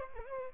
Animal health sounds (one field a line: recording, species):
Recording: mosquito wingbeat signal from an infrared sensor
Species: Aedes albopictus